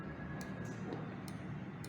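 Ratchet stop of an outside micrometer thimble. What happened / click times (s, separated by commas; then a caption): A small ratchet clicked over at its set force / 1.3 s, 1.8 s. The ratchet stop on the thimble of an outside micrometer is turned against the workpiece, giving short, sharp ticks at 1.3 s and 1.8 s over a steady low hum. The ratchet clicks to set an even measuring force before the scale is read.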